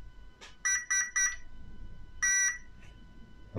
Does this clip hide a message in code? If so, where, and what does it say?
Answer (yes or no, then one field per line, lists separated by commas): no